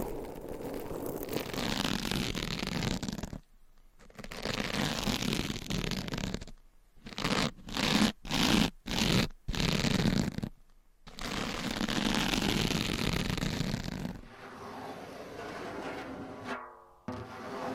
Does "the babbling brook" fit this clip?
no